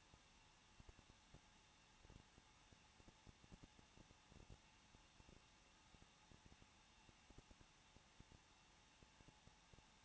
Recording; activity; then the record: daily activity, microphone in the room; no activity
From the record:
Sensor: 1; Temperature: 20.1 degrees Celsius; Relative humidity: 39.1%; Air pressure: 1006.4 hPa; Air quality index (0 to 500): 217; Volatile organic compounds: 75 ppm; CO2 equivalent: 3563 ppm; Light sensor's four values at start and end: 1/2/1/1 and 1/2/1/1